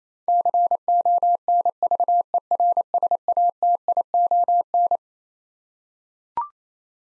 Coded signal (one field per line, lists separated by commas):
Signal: Morse code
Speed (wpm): 27 wpm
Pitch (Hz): 700 Hz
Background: none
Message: CONVERSATION